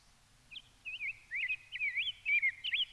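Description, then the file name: Rose-breasted grosbeak singing a sweet, warbled phrase of quick rising and falling whistled notes that grows louder toward the end. Recorded in Minnesota. "RBGR SONG MN Rose-breasted Grosbeak - Pheucticus ludovicianus"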